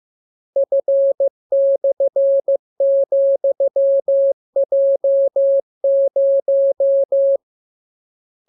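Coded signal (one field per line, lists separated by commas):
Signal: Morse code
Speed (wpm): 15 wpm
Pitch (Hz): 550 Hz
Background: none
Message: F/,J0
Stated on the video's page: Morse lesson 39 for receiving letters, numbers, punctuation and amateur radio Q-code; each radiogram begins with VVV and a section sign and ends with AR.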